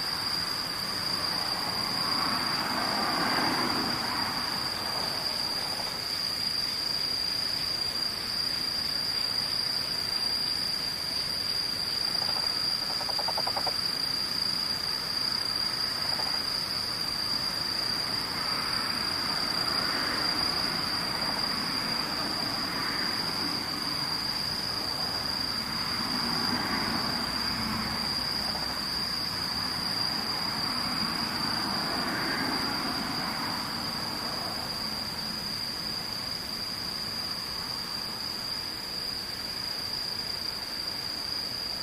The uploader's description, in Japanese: ムシ